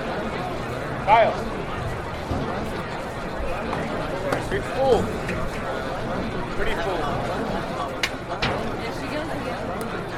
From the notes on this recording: sounds of the US Open tennis championships